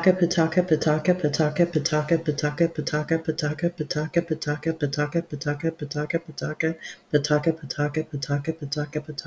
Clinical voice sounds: repeated syllables /pa ta ka/; female; 50 to 59 years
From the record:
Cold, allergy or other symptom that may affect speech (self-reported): no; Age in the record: 51 years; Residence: Oklahoma, United States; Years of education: 15

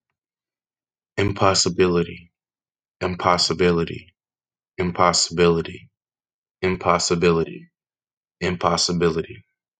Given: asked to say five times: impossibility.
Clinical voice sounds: repeated word; male; 20 to 29 years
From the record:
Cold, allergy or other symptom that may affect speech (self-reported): no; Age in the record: 21 years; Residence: Kansas, United States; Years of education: 14

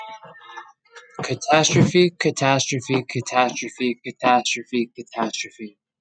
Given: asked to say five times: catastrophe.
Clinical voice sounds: repeated word; male; 20 to 29 years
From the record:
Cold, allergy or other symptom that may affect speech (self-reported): no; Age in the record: 28 years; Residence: New York, United States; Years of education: 12

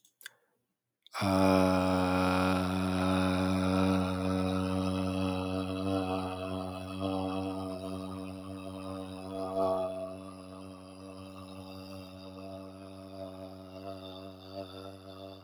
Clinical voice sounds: vowel held as long as possible; male; 20 to 29 years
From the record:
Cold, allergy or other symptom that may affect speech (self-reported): no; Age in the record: 20 years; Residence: Arizona, United States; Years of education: 15

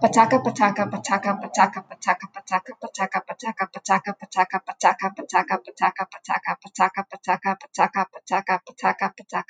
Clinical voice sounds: repeated syllables /pa ta ka/; female; 20 to 29 years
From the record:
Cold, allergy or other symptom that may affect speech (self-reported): no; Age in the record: 28 years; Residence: California, United States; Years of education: 16

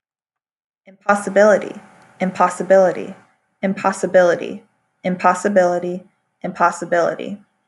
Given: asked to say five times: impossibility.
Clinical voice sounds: repeated word; female; 30 to 39 years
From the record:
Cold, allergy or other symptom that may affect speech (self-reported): no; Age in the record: 31 years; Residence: Alabama, United States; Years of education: 12

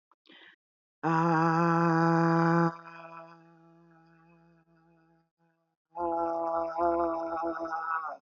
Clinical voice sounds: vowel held as long as possible; female; 40 to 49 years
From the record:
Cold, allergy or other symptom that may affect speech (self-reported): no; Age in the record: 44 years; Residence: Washington, United States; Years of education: 12

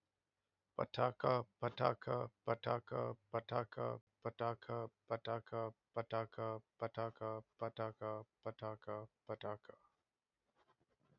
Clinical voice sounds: repeated syllables /pa ta ka/; male; 40 to 49 years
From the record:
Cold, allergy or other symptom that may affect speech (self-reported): no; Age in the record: 44 years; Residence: Maryland, United States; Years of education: 16

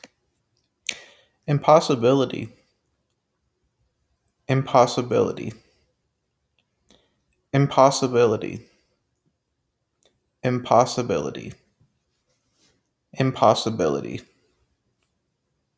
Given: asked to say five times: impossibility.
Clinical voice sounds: repeated word; male; 30 to 39 years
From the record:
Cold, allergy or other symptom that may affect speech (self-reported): no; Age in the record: 31 years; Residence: Arkansas, United States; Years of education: 16

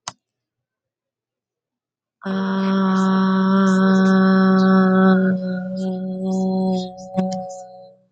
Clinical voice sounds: vowel held as long as possible; female; 20 to 29 years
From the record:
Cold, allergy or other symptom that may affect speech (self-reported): no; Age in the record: 29 years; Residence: Indiana, United States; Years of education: 14

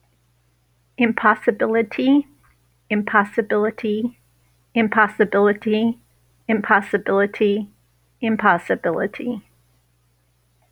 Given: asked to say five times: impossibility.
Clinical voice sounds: repeated word; female; 60 to 69 years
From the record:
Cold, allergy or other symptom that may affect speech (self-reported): no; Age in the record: 61 years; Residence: Washington, United States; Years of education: 16

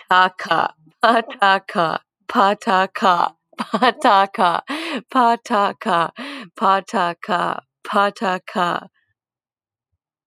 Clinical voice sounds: repeated syllables /pa ta ka/; female; 20 to 29 years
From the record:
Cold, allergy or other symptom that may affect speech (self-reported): no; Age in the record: 22 years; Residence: Maryland, United States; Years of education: 16

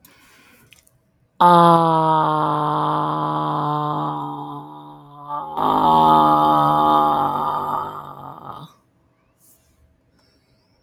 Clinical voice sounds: vowel held as long as possible; female; 50 to 59 years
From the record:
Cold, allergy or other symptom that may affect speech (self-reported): no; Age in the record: 56 years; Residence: Georgia, United States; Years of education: 14

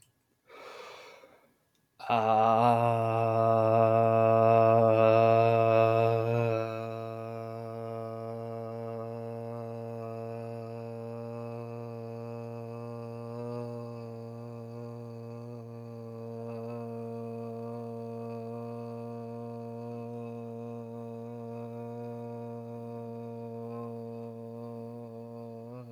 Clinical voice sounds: vowel held as long as possible; male; 20 to 29 years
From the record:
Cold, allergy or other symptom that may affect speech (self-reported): no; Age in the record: 22 years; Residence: Missouri, United States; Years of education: 12

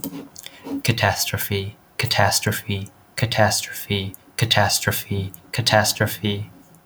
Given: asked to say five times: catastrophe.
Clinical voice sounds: repeated word; male; 30 to 39 years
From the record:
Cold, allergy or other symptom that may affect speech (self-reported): no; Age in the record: 31 years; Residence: Illinois, United States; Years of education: 16

